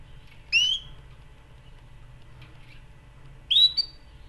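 Canary calling twice, about three seconds apart, each a loud, clear upward-sweeping whistled chirp.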